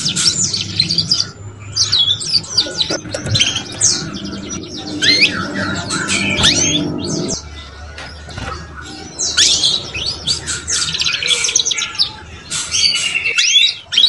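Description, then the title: Canary song of dense, busy chirps, squeaky notes and short rattles running almost continuously, with brief pauses. Canary song used to warm up Belgian canaries and stimulate young canaries to start singing quickly and chatter. "Canto Para Esquentar Canário Belga. SUARA KENARI PAUD CUIT CUIT BELAJAR BUNYI - pancingan kenari paud muda agar cepat bunyi dan ngeriwik"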